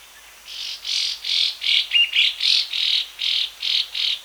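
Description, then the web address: Ferruginous babbler giving a run of coarse, buzzy chattering notes, about three per second, starting abruptly after a quiet half second. Recorded at Danum on 1 January 2008. "DANUM 20080101. ferruginous babbler"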